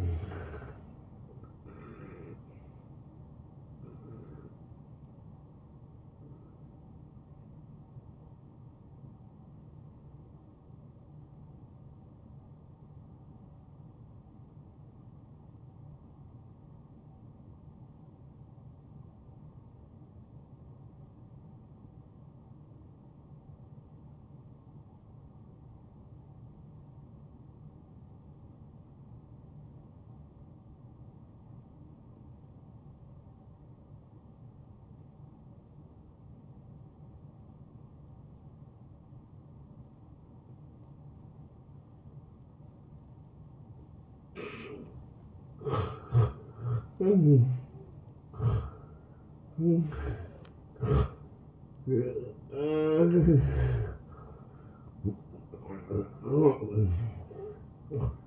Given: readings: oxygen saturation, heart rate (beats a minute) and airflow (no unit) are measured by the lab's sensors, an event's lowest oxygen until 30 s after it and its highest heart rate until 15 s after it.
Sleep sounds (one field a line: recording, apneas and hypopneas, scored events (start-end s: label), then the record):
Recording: breathing in sleep by a smartphone at the bedside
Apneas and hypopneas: 1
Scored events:
7.00-45.70 s: hypopnea (N1, oxygen 94% highest, then 86% lowest, heart rate 81 at the start, 82 highest)
11.00-41.00 s: new sleep stage, N2 (light sleep)
41.00-58.26 s: new sleep stage, N1 (lightest sleep)
From the record:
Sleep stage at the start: N1 (lightest sleep)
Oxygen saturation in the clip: 78 to 94%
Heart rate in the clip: 63 to 84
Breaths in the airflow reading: 5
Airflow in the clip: -19.0 to 12.3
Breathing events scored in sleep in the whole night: 263 in 5.5 hours asleep